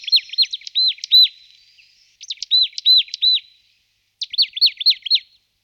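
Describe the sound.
Marsh tit calls: three bursts of several rapid arched notes each, with short gaps between.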